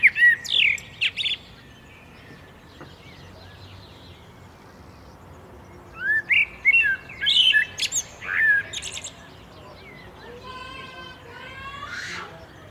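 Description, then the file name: Common blackbird singing two phrases of whistles and thin high twittering notes, with a fainter, buzzier call near the end. "Turdus merula"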